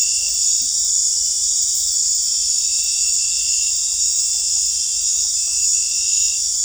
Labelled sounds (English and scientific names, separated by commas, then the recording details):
none
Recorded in dense forest near Puerto Asís, Putumayo, Colombia, on 20 December 2024 at 19:00
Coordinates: 0.467, -76.328
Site GP05